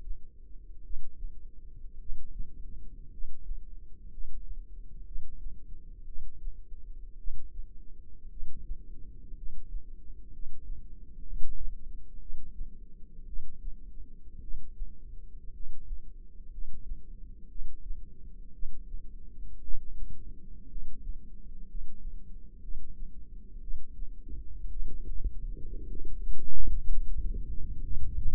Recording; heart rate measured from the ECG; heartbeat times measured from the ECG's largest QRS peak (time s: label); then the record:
heart sounds by microphone in the left ear; 58 bpm
0.81 s: heartbeat
1.97 s: heartbeat
3.09 s: heartbeat
4.08 s: heartbeat
5.03 s: heartbeat
6.04 s: heartbeat
7.16 s: heartbeat
8.28 s: heartbeat
9.33 s: heartbeat
10.29 s: heartbeat
11.22 s: heartbeat
12.17 s: heartbeat
13.24 s: heartbeat
14.39 s: heartbeat
15.50 s: heartbeat
16.49 s: heartbeat
17.47 s: heartbeat
18.50 s: heartbeat
19.59 s: heartbeat
20.66 s: heartbeat
21.65 s: heartbeat
22.59 s: heartbeat
23.59 s: heartbeat
24.68 s: heartbeat
25.86 s: heartbeat
26.88 s: heartbeat
27.82 s: heartbeat
From the record:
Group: healthy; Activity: rest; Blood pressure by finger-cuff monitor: 159/73 mmHg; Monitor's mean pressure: 98 mmHg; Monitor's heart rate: 57 bpm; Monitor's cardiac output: 6.1 L/min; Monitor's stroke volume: 106 mL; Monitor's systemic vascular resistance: 1210 dyn s/cm5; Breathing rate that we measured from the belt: 10 breaths a minute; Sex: male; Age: 25 years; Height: 170 cm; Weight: 70.4 kg